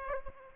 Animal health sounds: mosquito wingbeat signal from an infrared sensor; Aedes aegypti

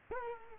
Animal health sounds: mosquito wingbeat signal from an infrared sensor; Culex quinquefasciatus

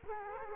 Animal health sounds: mosquito wingbeat signal from an infrared sensor; Culex quinquefasciatus

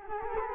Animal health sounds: mosquito wingbeat signal from an infrared sensor; Culex quinquefasciatus

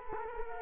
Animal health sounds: mosquito wingbeat signal from an infrared sensor; Culex quinquefasciatus

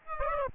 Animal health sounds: mosquito wingbeat signal from an infrared sensor; Aedes aegypti

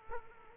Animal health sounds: mosquito wingbeat signal from an infrared sensor; Culex quinquefasciatus

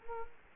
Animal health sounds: mosquito wingbeat signal from an infrared sensor; Culex quinquefasciatus

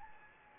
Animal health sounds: mosquito wingbeat signal from an infrared sensor; Anopheles gambiae

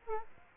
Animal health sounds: mosquito wingbeat signal from an infrared sensor; Aedes aegypti

